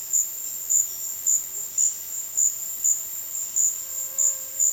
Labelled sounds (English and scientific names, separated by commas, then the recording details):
none
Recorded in dense forest near Puerto Asís, Putumayo, Colombia, on 4 March 2025 at 14:30
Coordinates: 0.481, -76.323
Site G088